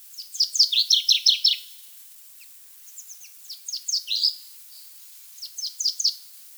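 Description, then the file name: Common chaffinch song: three bright phrases of rapid descending notes, each around a second long, with quiet gaps of about a second between. "Fringilla coelebs"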